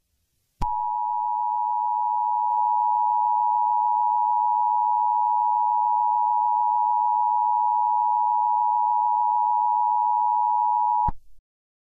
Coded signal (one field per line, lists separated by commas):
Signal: Emergency Alert System (SAME) tones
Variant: 853 and 960 Hz attention tone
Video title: EAS Scenarios #2 - 2020: Chapter Two